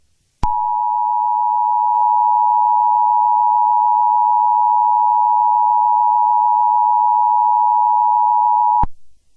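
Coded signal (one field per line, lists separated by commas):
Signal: Emergency Alert System (SAME) tones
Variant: 853 and 960 Hz attention tone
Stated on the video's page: Fictional mini EAS scenario using valid EAS tones, simulated.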